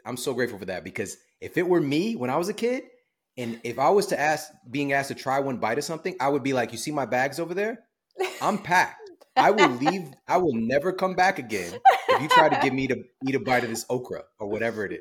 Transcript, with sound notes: I’m so grateful for that, because if it were me when I was a kid, and if I was to ask being asked to try one bite of something, I would be like, “You see my bags over there,, [laughter] I’m packed. I will leave. I will never come back again if you try to give me to eat a bite of this okra or whatever it is.”